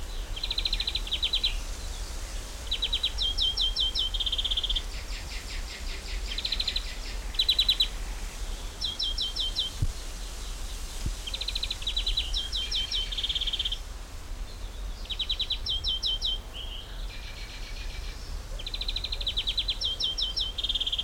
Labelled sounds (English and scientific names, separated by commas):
European Greenfinch (Chloris chloris)